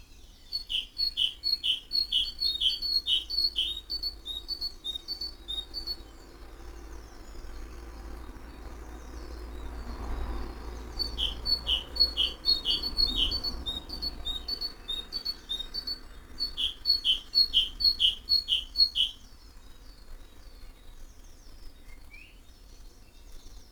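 Various birds call in a garden in the early morning. Quick, bright, repeated chirps come in bursts, one run at the start and another from about 11 to 19 seconds, over a low, steady rumble that swells briefly around the tenth second.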